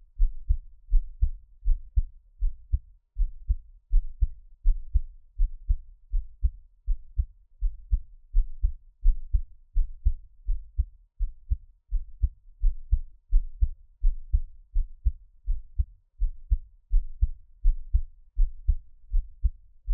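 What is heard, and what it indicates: Deep, muffled paired thumps repeat steadily at about 82 beats a minute, with quiet gaps between beats and no talking or other sounds. An adult's heartbeat heard close to the chest.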